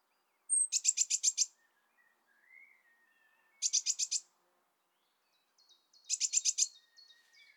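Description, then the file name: Eurasian blue tit scolding in three rapid buzzy bursts about every three seconds, the first led by a thin high note, with a soft whistled note and faint chips. "Cyanistes caeruleus"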